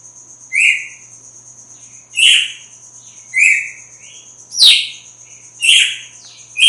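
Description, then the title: Red-cowled cardinal song: short bright notes, some sliding downward, given about once a second over a steady high-pitched whine and faint low hum. Female; sings strongly at dawn after the moult. "Canto Galo Campina Fêmea. GALO DE CAMPINA AÇOITA FORTE NA MADRUGADA DEPOIS DA MUDA"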